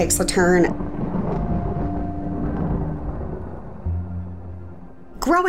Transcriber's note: thunder